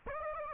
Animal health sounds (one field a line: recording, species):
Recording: mosquito wingbeat signal from an infrared sensor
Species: Aedes aegypti